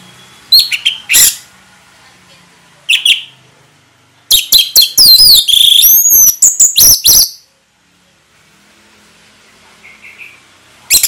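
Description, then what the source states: Orange-headed thrush song: a few scattered sharp notes, then a dense three-second burst of rich, twisting high whistles and rattling phrases, followed by a quiet stretch and a final note. Indonesian name anis merah; bird singing vigorously (gacor) in the ngeplong song style.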